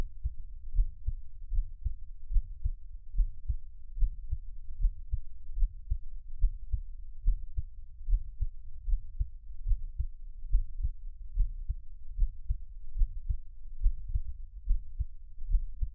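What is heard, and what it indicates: Soft, low, regular thumps at about 72 beats a minute, with no talking and only a faint hum underneath. An ordinary adult heartbeat heard up close, the creator's own heartbeat offered as Taiwanese ASMR.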